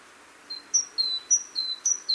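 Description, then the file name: Great tit song: high and lower whistled notes alternating in a brisk seesaw rhythm, several phrases over a soft steady background hiss. "Parus major"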